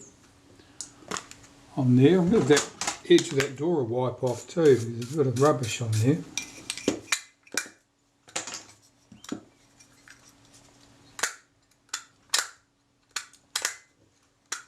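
Someone talks while handling the metal folding front door of a vintage Retina IIc camera being wiped clean, with scattered sharp taps and clicks from the body. The door has not clicked into place yet; nothing has seated by the end of the clip.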